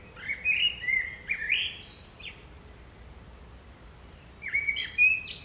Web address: SETE Turdus merula